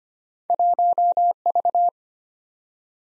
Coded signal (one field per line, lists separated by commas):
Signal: Morse code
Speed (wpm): 25 wpm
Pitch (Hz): 700 Hz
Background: none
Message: 1V